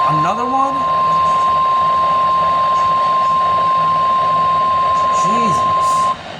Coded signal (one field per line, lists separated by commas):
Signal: Emergency Alert System (SAME) tones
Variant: 1050 Hz attention tone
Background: speech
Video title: MARGINALLY TORNADIC.... | EAS Alerts from 6/5/24 | EAS#669-689